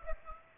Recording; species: mosquito wingbeat signal from an infrared sensor; Aedes aegypti